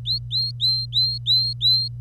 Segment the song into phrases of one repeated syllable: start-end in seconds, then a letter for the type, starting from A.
0.05-1.88 A